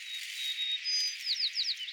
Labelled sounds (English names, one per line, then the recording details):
White-crowned Sparrow song
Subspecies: nuttalli
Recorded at Carmel, California, in 2014
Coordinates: 36.533, -121.927
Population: south
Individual CARM_maleA